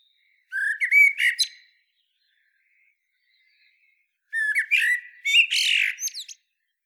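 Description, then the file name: Common blackbird singing two mellow whistled phrases, each breaking into shrill, scratchy twittering at the end, with a quiet pause between them. "Turdus merula"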